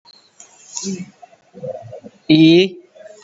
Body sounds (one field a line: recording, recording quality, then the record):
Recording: sustained vowel as in beet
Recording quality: excellent, no background noise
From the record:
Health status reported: COVID-19 positive, mild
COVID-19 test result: positive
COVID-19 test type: RT-PCR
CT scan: taken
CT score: 4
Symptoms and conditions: cough, breathing difficulty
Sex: male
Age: 18 years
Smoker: no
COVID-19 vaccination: none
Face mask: not worn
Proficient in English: yes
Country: India